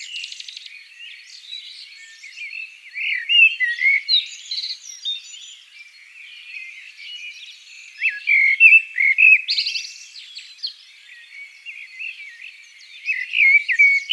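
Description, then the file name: Common blackbird song: repeated phrases of mellow whistled notes and shrill chattering flourishes, with softer twittering between the louder bursts. "Turdus merula"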